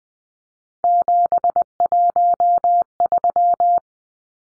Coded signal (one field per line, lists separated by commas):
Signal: Morse code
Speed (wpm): 20 wpm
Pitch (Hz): 700 Hz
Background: none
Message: 713